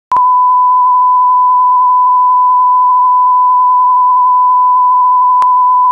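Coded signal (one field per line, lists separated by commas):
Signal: radio time signal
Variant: TDF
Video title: TDF "France Inter" Time Signal, Allouis France - 162 kHz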